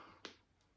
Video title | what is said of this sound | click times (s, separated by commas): #MarvelLegendsWolverineFigureOpeningReview | Nice click. And there he is. | 0.2 s